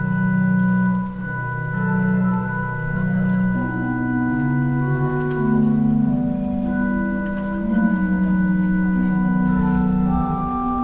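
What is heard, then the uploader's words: A church organ plays slow, sustained chords that shift every second or two, low and full, with steady room echo and faint background murmur. In a church while an organist practices.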